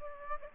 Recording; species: mosquito wingbeat signal from an infrared sensor; Aedes aegypti